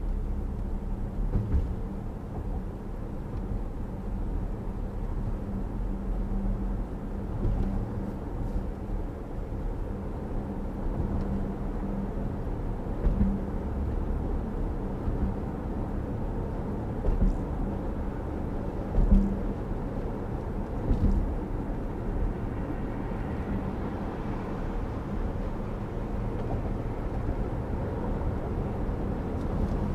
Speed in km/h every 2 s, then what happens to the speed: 52, 55, 58, 60, 61, 61, 61, 63, 64, 66, 66, 63, 64, 71, 79.
0-7 speeds up to 61. 7-23 steady at about 63. 23-30 speeds up to 79.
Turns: none.